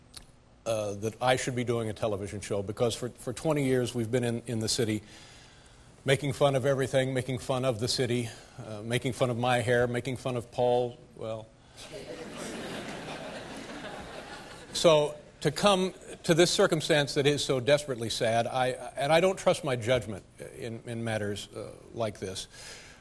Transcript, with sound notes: that I should be doing a television show.
Because for 20 years we've been in the city making fun of everything, making fun of the city, making fun of my hair. Making fun of Paul, well...
(LAUGHTER)
So to come to this circumstance that is so desperately sad - and I don't trust my judgment in matters like this,